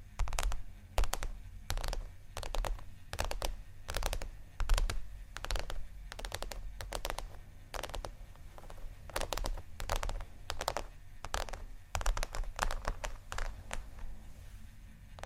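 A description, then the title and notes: Scratching and tapping sounds come in quick, sharp bursts, roughly two or three per second, spread across the full fifteen seconds with a fairly steady rhythm. Each stroke is brief and crisp, over a low, constant rumble. ASMR 2 Magic Textures (scratching, Tapping)（No Talking）.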